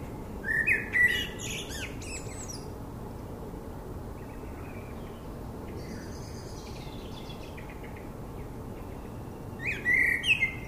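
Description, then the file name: Common blackbird song: a brief warbled phrase with high twittering at the start, a long pause with soft chirps, then another phrase near the end. "Turdus merula"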